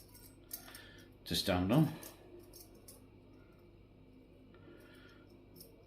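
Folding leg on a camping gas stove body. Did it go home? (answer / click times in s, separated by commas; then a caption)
yes / 0.5 s. A metal folding leg on a camping gas stove body is folded out and clicks into place with a single sharp metallic hit at 0.5 s. Someone then talks briefly, and the leg is seated, leaving the stove standing on its four legs.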